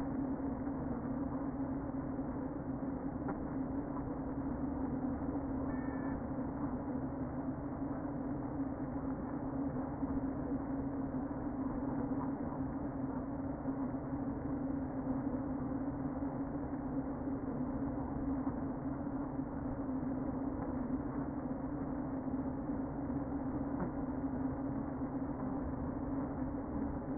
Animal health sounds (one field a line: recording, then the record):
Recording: honeybee colony, microphone inside the hive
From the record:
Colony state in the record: queen present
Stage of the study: before two queens were removed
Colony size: about 60,000 bees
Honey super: yes